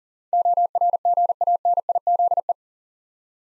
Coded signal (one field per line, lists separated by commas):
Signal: Morse code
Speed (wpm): 38 wpm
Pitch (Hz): 700 Hz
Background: none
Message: ORGANIZE